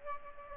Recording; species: mosquito wingbeat signal from an infrared sensor; Aedes aegypti